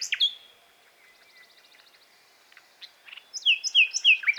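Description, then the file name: Common nightingale calls: a few sharp high notes, a quiet buzzy run of ticks, then a quick series of bright descending whistled notes near the end. "Luscinia megarhynchos"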